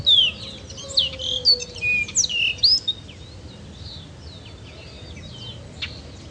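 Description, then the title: Baywing calls: a burst of sharp, high whistled chirps and slurred notes in quick succession for about three seconds, then a few faint chips. "LuckyPassaro Completos2Sama. Baywing (Agelaioides badius)"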